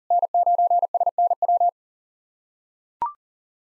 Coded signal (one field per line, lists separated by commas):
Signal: Morse code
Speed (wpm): 44 wpm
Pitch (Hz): 700 Hz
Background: none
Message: N9SNW